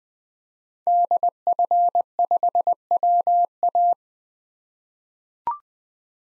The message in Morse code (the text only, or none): DF5WA